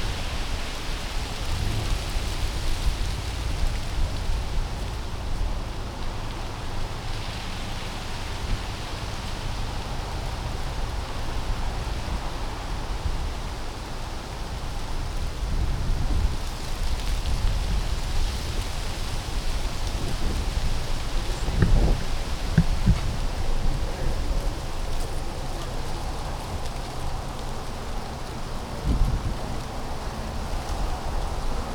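Gentle wind moves through the trees in a steady, dense rushing hiss that stays even throughout. Low, rumbling gusts swell up briefly around the middle and again near 22 and 29 seconds, then settle back into the soft, constant wash.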